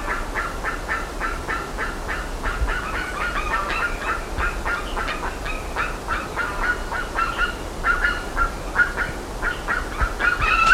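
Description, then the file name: Bird calls: a steady stream of short, harsh notes at a fast pace, with occasional longer ringing notes and a louder burst at the very end. "SABIOD 50 bird 2015"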